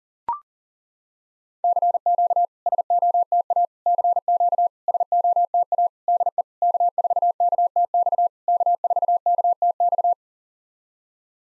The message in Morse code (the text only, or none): CQ SOTA CQ SOTA DE K4KTX K4KTX